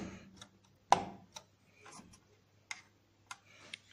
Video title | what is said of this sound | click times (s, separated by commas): [DIY] Monter son PC soi-même | bien verrouillé. | 0.9 s